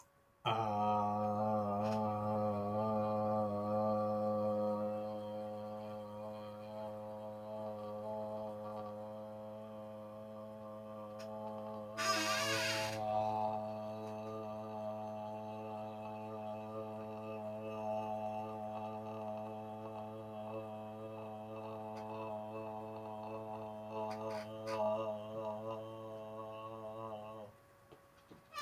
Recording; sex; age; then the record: vowel held as long as possible; male; 50 to 59 years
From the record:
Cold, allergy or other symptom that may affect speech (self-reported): no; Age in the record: 55 years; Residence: New Hampshire, United States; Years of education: 16